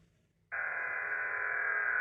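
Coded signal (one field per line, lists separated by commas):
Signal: unidentified radio signal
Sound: half a second of quiet, then a loud, steady, rough hissing roar with faint tones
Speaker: And uh over here, same same again. They're jamming it. I'll just play that. Play the noise so you can hear it.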